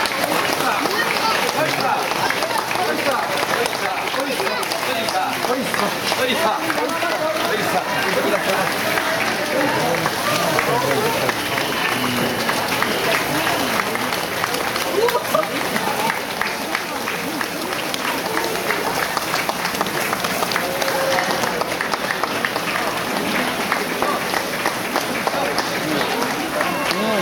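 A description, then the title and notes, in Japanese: The Oiyamakasa race passes along Higashimachi-suji: a dense, steady roar of many voices and running feet, with shouts and chanting throughout. 七番山笠 東流 追い山笠(東町筋)。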